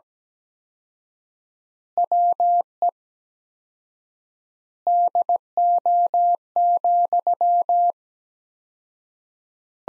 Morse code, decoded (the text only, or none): WE DO,